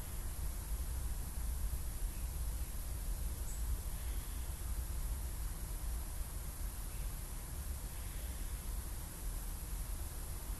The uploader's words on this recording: Sprinklers & the bird.m4a by Juraj Kojš.